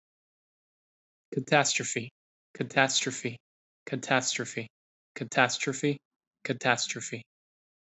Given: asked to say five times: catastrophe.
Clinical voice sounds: repeated word; male; 30 to 39 years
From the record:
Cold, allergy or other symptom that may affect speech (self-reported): no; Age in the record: 30 years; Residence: Florida, United States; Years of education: 16

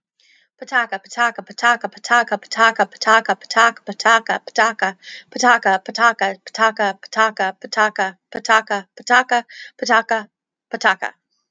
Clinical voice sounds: repeated syllables /pa ta ka/; female; 30 to 39 years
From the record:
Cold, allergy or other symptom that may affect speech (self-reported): no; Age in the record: 35 years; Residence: Georgia, United States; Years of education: 16

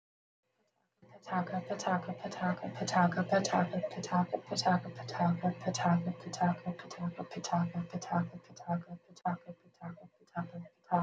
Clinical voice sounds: repeated syllables /pa ta ka/; female; 30 to 39 years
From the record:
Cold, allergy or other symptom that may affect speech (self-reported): yes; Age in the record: 38 years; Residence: California, United States

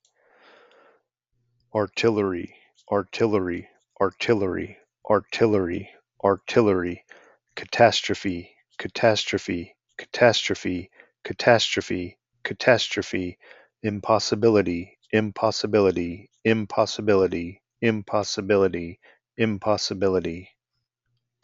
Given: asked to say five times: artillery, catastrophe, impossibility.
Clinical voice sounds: three words, each repeated; male; 40 to 49 years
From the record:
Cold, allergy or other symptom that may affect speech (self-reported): no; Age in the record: 45 years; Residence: Arkansas, United States

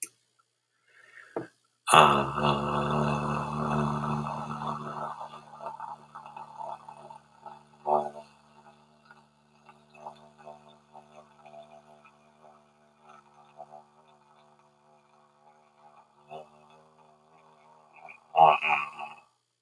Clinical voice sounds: vowel held as long as possible; male; 40 to 49 years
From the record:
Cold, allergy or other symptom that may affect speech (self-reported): no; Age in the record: 45 years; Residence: Massachusetts, United States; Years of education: 16

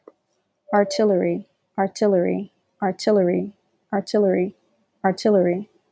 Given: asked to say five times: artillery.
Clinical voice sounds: repeated word; female; 30 to 39 years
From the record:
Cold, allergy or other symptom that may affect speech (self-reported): no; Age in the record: 34 years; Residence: Georgia, United States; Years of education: 16

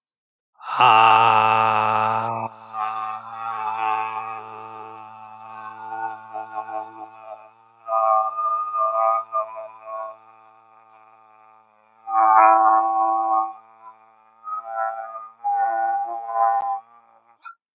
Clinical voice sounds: vowel held as long as possible; male; 70 to 79 years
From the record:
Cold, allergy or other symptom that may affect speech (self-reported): no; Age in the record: 70 years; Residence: Michigan, United States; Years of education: 16

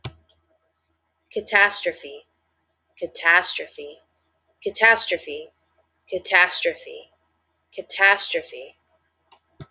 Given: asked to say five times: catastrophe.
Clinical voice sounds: repeated word; female; 20 to 29 years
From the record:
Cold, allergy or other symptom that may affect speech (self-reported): no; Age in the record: 29 years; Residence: Florida, United States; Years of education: 13

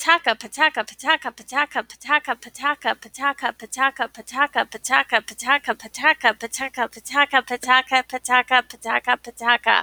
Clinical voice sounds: repeated syllables /pa ta ka/; female; 40 to 49 years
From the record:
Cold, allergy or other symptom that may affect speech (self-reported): no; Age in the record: 41 years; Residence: Wisconsin, United States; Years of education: 19

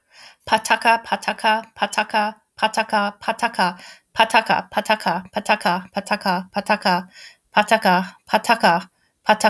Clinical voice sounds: repeated syllables /pa ta ka/; female; 40 to 49 years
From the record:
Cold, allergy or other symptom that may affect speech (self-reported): no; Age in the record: 46 years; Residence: United States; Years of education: 16

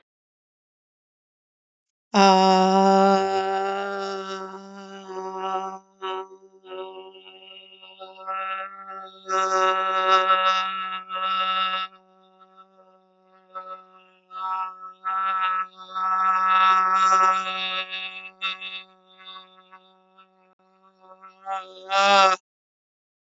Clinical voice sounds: vowel held as long as possible; female; 30 to 39 years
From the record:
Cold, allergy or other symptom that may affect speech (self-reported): no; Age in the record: 38 years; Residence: United States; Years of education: 14

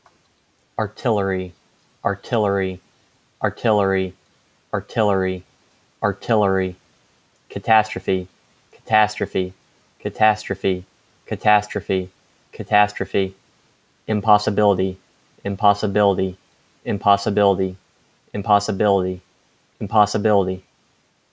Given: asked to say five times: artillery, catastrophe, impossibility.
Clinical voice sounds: three words, each repeated; male; 20 to 29 years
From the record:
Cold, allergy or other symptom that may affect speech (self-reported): no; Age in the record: 27 years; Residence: North Carolina, United States

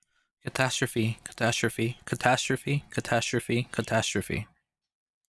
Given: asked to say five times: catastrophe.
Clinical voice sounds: repeated word; male; 30 to 39 years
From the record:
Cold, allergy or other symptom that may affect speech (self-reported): no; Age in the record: 30 years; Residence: California, United States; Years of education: 16

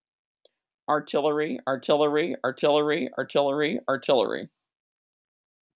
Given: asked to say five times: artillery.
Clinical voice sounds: repeated word; female; 60 to 69 years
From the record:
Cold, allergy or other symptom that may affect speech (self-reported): no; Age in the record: 60 years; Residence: Illinois, United States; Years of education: 20

